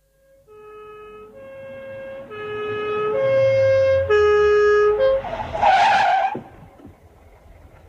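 A patrol car's engine revs up in steady steps as it accelerates through gears, its pitch climbing, then a harsh burst of tire squeal before the engine settles into a lower hum.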